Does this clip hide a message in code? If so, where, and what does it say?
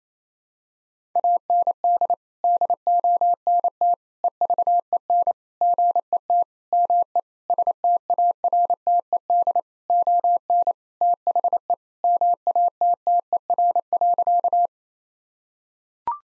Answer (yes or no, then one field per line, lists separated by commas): yes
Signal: Morse code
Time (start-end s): 1.2-14.7 s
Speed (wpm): 28 wpm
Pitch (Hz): 700 Hz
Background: none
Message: AND DONT EVEN GET ME STARTED ON THE MATTER.